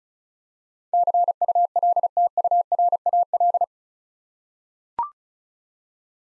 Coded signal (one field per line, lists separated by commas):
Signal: Morse code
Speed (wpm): 36 wpm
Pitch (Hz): 700 Hz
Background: none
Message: CULTURAL